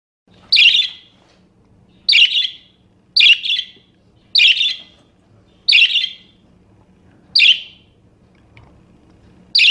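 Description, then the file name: Parakeet uttering loud grating squawks spaced one to two seconds apart, one paired, with a soft steady hum in the background. "suara burung parkit. omkicau"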